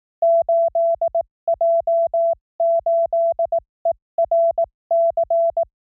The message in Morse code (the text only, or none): 8J8ERC